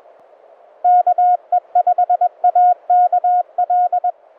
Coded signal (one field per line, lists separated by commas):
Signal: Morse code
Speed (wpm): 21 wpm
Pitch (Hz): 690 Hz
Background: none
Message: KE5AKL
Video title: Victorville Threesome (SOTA)